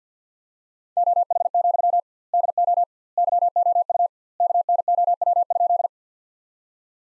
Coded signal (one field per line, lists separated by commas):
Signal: Morse code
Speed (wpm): 50 wpm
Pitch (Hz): 700 Hz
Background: none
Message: OH, DO YOU KNOW?